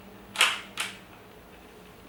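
During pistol reassembly, the slide's grooves are lined up with the lower receiver frame and the slide is moved back onto it. A sharp metallic click at 0.4 s marks the slide locking onto the frame, followed by a second, softer click at about 0.8 s. The slide is seated.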